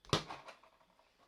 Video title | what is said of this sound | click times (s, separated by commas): NECA TOYS - Halloween 2: Ultimate Michael Myers 7-inch Figure Review | it pops off pretty straightforward and that's a nice head sculpt | 0.1 s